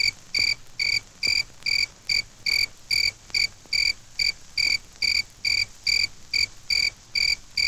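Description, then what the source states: Cricket chirps, high and shrill, come in a steady series of brief bursts at about two per second over a faint low background hum. A single cricket chirping.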